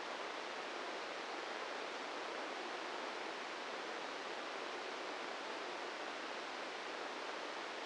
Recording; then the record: brain microelectrode recording played as sound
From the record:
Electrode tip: inside the subthalamic nucleus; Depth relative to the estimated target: -4 mm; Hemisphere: left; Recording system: NeuroSet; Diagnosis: Parkinson's disease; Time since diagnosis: 8 years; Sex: male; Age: 46 years